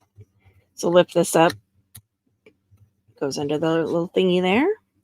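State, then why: Not seated. A wooden piece of a wooden jewelry puzzle box is lifted and slid toward a small catch while someone talks. Between the phrases there are a few faint ticks and light handling sounds, the sharpest near 2.0 s. Nothing has seated or clicked into place yet.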